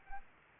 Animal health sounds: mosquito wingbeat signal from an infrared sensor; Anopheles arabiensis

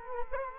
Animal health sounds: mosquito wingbeat signal from an infrared sensor; Culex quinquefasciatus

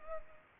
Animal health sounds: mosquito wingbeat signal from an infrared sensor; Culex pipiens

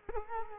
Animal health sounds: mosquito wingbeat signal from an infrared sensor; Culex quinquefasciatus

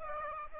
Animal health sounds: mosquito wingbeat signal from an infrared sensor; Aedes aegypti

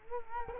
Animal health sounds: mosquito wingbeat signal from an infrared sensor; Culex quinquefasciatus

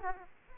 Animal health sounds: mosquito wingbeat signal from an infrared sensor; Aedes aegypti

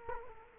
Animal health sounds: mosquito wingbeat signal from an infrared sensor; Culex quinquefasciatus

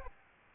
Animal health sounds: mosquito wingbeat signal from an infrared sensor; Aedes albopictus

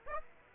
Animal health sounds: mosquito wingbeat signal from an infrared sensor; Aedes aegypti

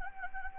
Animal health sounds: mosquito wingbeat signal from an infrared sensor; Anopheles gambiae

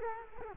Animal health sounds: mosquito wingbeat signal from an infrared sensor; Culex quinquefasciatus

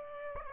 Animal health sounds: mosquito wingbeat signal from an infrared sensor; Aedes aegypti

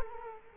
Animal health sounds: mosquito wingbeat signal from an infrared sensor; Culex quinquefasciatus

